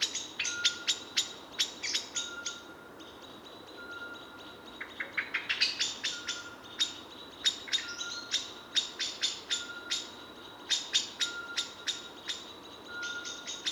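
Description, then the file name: Common blackbird calling: many sharp, dry clicking notes in uneven runs. "Turdus merula"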